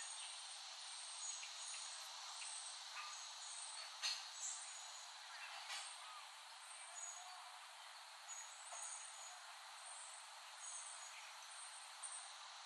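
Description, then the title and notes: Cicadas in a steady high droning hiss, with short bright buzzes pulsing near the top of the range and a few sharp clicks scattered through. Cicadas, West Brighton, Staten Island, late summer 2008. "Dronecast. The Cicadas of Summer. Recording of cicadas made by Dan Bodah in West Brighton, Staten Island, late summer 2008"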